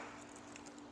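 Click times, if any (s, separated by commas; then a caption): 0.6 s, 0.8 s. A tail light on a 2022-or-newer Honda Civic 4-door, with its two tabs lined up and the tape backing pulled, is pushed back into the car's rear body. Two short, sharp snaps are heard at 0.6 s and 0.8 s as its clips seat home. The tail light is confirmed seated.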